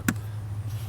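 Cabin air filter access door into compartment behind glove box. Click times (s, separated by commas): 0.1 s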